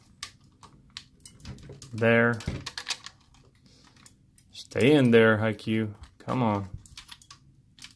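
A small plastic partner figure is fumbled and worked toward its slot on a Fans Hobby MB-06 Power Baser (Powermaster Optimus Prime) robot toy, with scattered light plastic taps and knocks as it is handled. Someone talks throughout. Nothing has seated or clicked into place yet.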